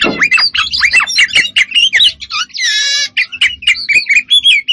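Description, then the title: Oriental magpie-robin in energetic song, a dense run of whistled sweeps and chirps broken by a drawn-out rasping buzz midway. Singing vigorously and continuously (gacor). "Kacer Poci"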